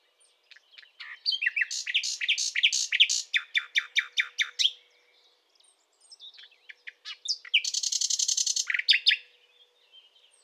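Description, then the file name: Common nightingale song, a long run of fast repeated chips, a pause, then a harsh buzzy rattle with trailing notes. "Luscinia megarhynchos"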